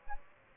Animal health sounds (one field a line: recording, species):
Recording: mosquito wingbeat signal from an infrared sensor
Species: Aedes albopictus